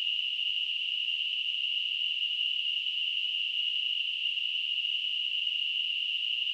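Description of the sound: A steady, unbroken high-pitched hiss centred near 3 kHz holds at an even level for the full six and a half seconds. It is a simulated tinnitus sound: a narrow band of noise that imitates the ringing or hissing heard in the ears.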